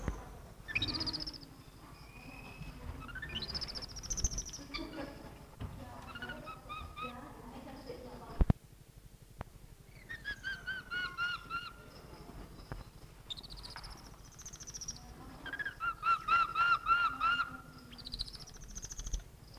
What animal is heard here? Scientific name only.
Cebus albifrons